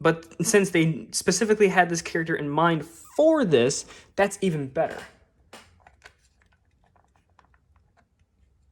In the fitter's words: I was like, I didn't hear a click. Well, that's because the thing was bent a little bit.